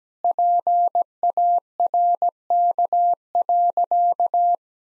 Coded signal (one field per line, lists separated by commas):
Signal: Morse code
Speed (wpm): 17 wpm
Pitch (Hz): 700 Hz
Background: none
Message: PARK.